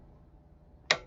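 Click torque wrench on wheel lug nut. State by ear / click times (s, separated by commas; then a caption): torque reached / 0.9 s. A click-type torque wrench set to 83 lb-ft turns the fourth wheel lug nut until it gives its break-over click at 0.9 s, confirming the nut is torqued to setting. The click is a single sharp, bright snap over a quiet background, and no one talks.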